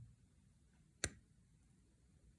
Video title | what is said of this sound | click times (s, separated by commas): The Lamy Studio - A classic in the making | i don't know if you heard that but it's a very positive click | 1.0 s